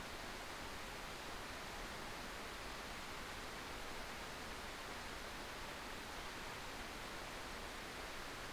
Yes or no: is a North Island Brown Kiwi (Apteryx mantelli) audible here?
no